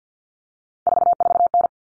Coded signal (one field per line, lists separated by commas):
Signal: Morse code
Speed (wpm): 50 wpm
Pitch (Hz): 700 Hz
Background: none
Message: 44N